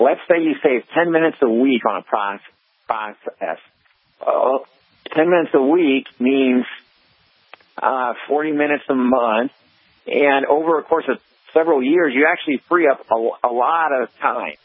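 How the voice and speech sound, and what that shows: A man speaks in a moderately pitched voice with intermittent catches. He breaks up a word, drifts into creaky voicing and leaves long gaps mid-phrase. These are signs of spasmodic dysphonia, a voice condition in which involuntary spasms cut the vocal cords off, occasionally cutting a sentence short.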